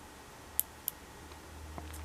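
A plastic SanDisk microSD memory card is pushed into a camera's spring-loaded card slot with the tip of a thin metal object, a pair of scissors, because fingernails could not push it far enough. A sharp, bright click at 0.6 s marks the card seating, followed by a second tick at 0.9 s and a few fainter handling sounds near the end. The card is seated in place.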